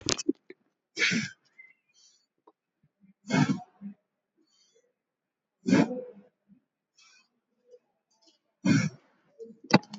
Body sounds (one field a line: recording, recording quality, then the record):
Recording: shallow breathing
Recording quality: excellent, no background noise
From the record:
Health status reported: COVID-19 positive, mild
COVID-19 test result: positive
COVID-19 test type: RT-PCR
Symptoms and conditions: cough, fever, muscle pain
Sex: male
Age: 83 years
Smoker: no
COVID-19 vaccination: both doses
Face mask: not worn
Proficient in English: yes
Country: India